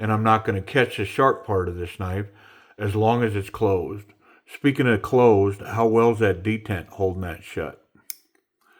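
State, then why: Seated. Someone talks while handling a closed folding knife, then the blade snaps shut into the detent in the handle that holds it closed. A single sharp click sounds at 8.1 s, followed by faint ticks, and the blade is seated in its closed detent.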